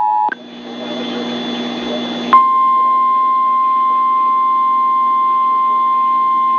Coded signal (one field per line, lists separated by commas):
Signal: Emergency Alert System (SAME) tones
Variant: 853 and 960 Hz attention tone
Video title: EAS 374 KIH35 RWT